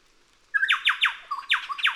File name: Chowchilla